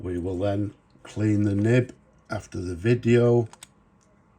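Someone talks while handling a blue-lacquered Waterman Preface fountain pen, bringing its lacquered metal cap toward the pen body. A few faint handling ticks follow the talk near the end, but the cap has not yet seated or clicked shut.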